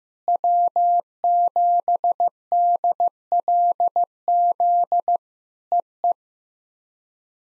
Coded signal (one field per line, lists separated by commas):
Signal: Morse code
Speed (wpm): 14 wpm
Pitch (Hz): 700 Hz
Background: none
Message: W7DLZ EE